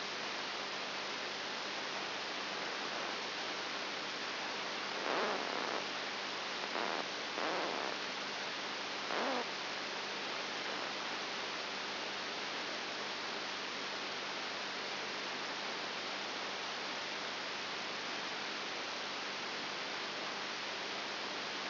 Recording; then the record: brain microelectrode recording played as sound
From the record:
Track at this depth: inside the subthalamic nucleus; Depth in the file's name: 5.7 mm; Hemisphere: right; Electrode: 3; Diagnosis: Parkinson's disease